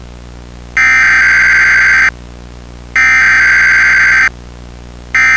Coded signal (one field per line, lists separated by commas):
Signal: Emergency Alert System (SAME) tones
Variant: header bursts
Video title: [EAS Mock #1 / 06/05/2006] Unusual RMT in Central Missouri